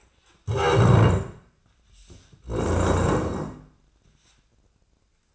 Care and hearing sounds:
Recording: daily activity, microphone in the room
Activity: stand up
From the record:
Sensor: 2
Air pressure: 1012.1 hPa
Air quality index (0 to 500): 158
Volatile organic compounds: 2 ppm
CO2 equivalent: 1152 ppm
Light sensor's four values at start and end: 65/143/69/81 and 39/96/42/47

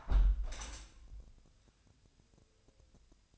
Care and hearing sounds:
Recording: daily activity, microphone in the room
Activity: close window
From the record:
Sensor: 2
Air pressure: 1014.8 hPa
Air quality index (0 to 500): 28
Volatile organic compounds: 1 ppm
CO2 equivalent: 522 ppm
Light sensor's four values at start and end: 8/19/8/8 and 8/19/8/8

